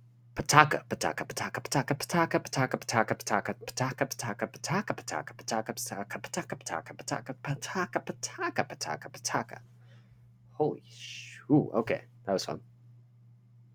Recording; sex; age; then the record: repeated syllables /pa ta ka/; male; 20 to 29 years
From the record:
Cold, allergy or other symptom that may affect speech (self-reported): no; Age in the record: 26 years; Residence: Pennsylvania, United States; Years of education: 4